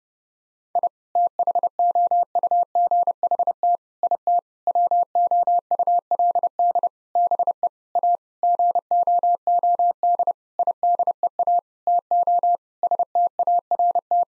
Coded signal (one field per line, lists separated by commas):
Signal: Morse code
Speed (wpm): 30 wpm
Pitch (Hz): 700 Hz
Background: none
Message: I THOUGHT IT WOULD BE A GOOD IDEA TO START